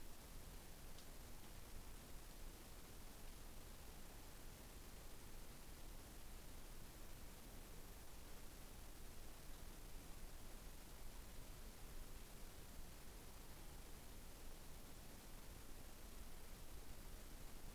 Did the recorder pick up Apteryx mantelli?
no